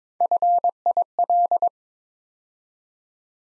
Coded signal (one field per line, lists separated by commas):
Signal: Morse code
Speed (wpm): 22 wpm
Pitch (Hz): 700 Hz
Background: none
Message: FIL